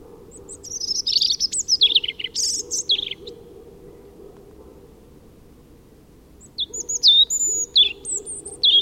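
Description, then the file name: European robin song: a cascading phrase of high whistles and trills, a pause of about three seconds, then another thin wavering phrase. "Erithacus rubecula"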